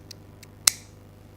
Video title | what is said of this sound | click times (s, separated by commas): EnglishShooting Live Stream 6/8/20 | click and that's that's just the prototype this is like these things are rough as you like they are | 0.7 s